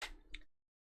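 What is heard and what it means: A plastic part of a DeAgostini X-Wing model, which had refused to click, is pushed into its slot in the model assembly. After a brief burst of handling noise, a single sharp click at 0.35 s marks the part seating into place.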